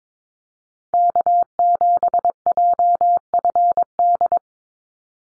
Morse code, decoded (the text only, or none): K7JFD